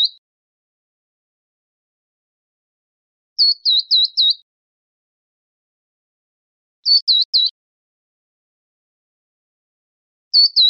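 Verdin calls: short bursts of three or four sharp, high chipping notes, each burst separated by a few seconds of silence, with no other sounds.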